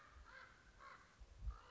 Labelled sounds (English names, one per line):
Common Raven